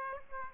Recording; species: mosquito wingbeat signal from an infrared sensor; Aedes aegypti